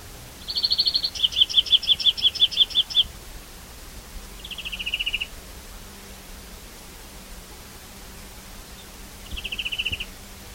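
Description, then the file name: European greenfinch twittering in one long rapid trill of stacked notes, followed by two shorter falling buzzy phrases, over soft steady background noise. "Chloris chloris"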